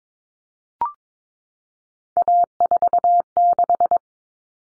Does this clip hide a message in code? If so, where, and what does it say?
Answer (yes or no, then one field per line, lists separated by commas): yes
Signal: Morse code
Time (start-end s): 2.2-4.0 s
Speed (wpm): 22 wpm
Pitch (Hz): 700 Hz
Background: none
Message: A46